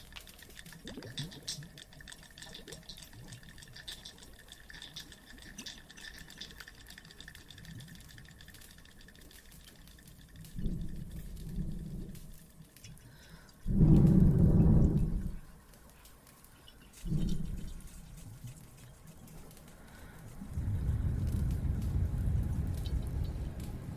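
Water trickles and drips in a cave, with fine crackling ticks scattered through the first half. Low rumbling surges rise around 11, 14 and 17 seconds, the strongest near 14, and a steady low roar fills the last few seconds.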